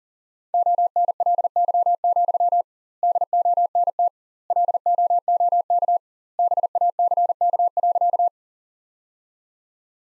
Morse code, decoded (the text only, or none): ONLY, DONT LOOK BACK.